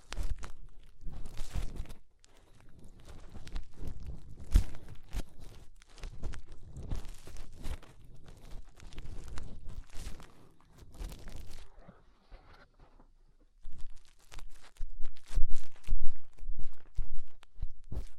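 Fingers rub and scratch at an ear in dense, rustling bursts with sharp crackles, pausing briefly near thirteen seconds before resuming.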